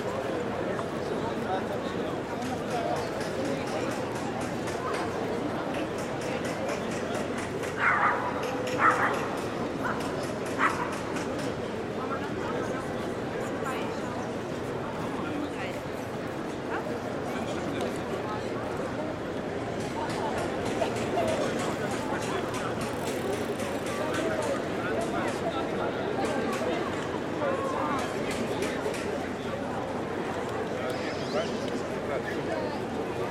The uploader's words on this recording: Munich's St. Peter. Ambient sound of Munich. Recorded using Zoom F6 & Rode NT5 Pair in OTRF configuration.